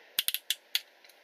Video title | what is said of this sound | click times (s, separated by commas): Miracle Productions Vehicle Voltron Force Review ( Old review ) | that's locked in now without having to force it which uh you would have to do if you didn't push these tabs | 0.5 s